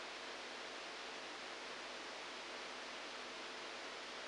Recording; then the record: brain microelectrode recording played as sound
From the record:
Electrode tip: outside the subthalamic nucleus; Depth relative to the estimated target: 0 mm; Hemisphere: right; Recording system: NeuroSet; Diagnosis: Parkinson's disease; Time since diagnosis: 7 years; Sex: male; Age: 69 years